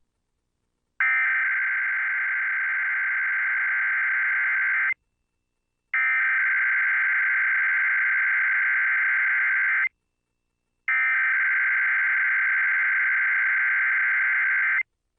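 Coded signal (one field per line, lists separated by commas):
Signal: Emergency Alert System (SAME) tones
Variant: header bursts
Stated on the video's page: Required Monthly EAS Test for Roanoke, Virginia, received from a TV station and from the originating FM radio station on 96.3.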